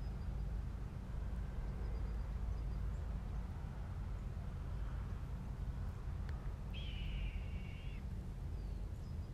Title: Red Tailed Hawk Screeching